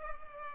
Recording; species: mosquito wingbeat signal from an infrared sensor; Culex pipiens